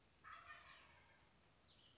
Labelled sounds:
Wild Turkey (Meleagris gallopavo)
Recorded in Sonoma County, California

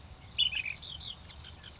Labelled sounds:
Ash-throated Flycatcher (Myiarchus cinerascens)
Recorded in Sonoma County, California

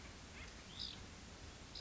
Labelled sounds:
Hutton's Vireo (Vireo huttoni)
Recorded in Sonoma County, California

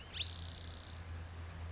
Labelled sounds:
Spotted Towhee (Pipilo maculatus)
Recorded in Sonoma County, California

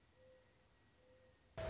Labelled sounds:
Mourning Dove (Zenaida macroura)
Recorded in Sonoma County, California

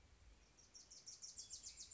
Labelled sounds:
Wilson's Warbler (Cardellina pusilla)
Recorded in Sonoma County, California

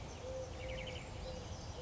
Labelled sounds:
Eurasian Collared Dove (Streptopelia decaocto)
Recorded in Sonoma County, California

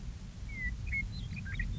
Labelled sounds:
Western Meadowlark (Sturnella neglecta)
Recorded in Sonoma County, California

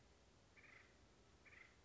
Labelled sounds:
Acorn Woodpecker (Melanerpes formicivorus)
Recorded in Sonoma County, California

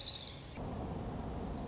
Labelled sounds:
Orange-crowned Warbler (Leiothlypis celata)
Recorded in Sonoma County, California

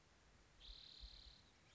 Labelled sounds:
Spotted Towhee (Pipilo maculatus)
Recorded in Sonoma County, California

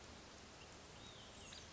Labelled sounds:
Olive-sided Flycatcher (Contopus cooperi)
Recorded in Sonoma County, California

